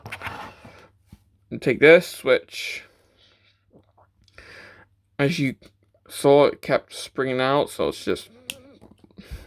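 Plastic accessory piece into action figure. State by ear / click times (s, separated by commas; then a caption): seated / 8.5 s. Someone talks while handling a plastic accessory on a Transformers War for Cybertron Trilogy Netflix Soundwave action figure, a piece that had kept springing out. The piece is pulled forward, and a sharp snap at 8.5 s marks it locking into place.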